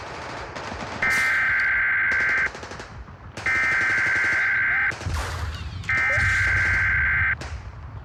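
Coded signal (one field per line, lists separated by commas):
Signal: Emergency Alert System (SAME) tones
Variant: header bursts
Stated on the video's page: Fictional emergency alert scenario with a glitch theme.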